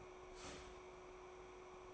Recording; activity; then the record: daily activity, microphone in the room; start toaster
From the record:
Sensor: 1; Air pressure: 1014.7 hPa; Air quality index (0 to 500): 199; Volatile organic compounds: 32 ppm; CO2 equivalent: 3005 ppm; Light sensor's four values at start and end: 4/8/3/3 and 3/8/3/3